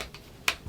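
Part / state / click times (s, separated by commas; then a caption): powder refill pan into compact case / seated / 0.5 s. A pressed-powder refill insert for a reformulated MAC Studio Fix powder is pushed into its plastic compact case. After a couple of faint taps, a sharp, bright snap rings out at 0.5 s. The refill seats firmly in the case, followed by a low rumble.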